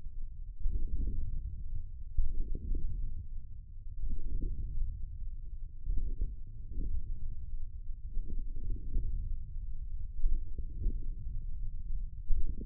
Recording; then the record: forearm muscle sounds (acoustic myography)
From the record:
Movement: wrist extension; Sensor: system 1, eight BSWA MPA416 microphones around the upper forearm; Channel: 6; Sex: male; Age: 42 years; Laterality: right